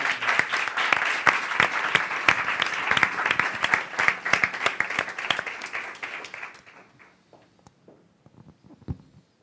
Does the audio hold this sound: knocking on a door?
no